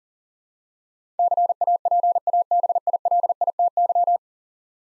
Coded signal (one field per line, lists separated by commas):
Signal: Morse code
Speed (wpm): 37 wpm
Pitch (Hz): 700 Hz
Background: none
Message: CAPABILITY